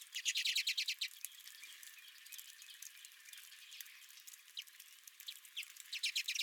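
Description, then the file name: Redpolls open with a quick burst of dry chattering notes, then soft scattered twitters, ending in another rapid chatter. Several redpolls at the recordist's own feeder. "Redpolls at My Feeder"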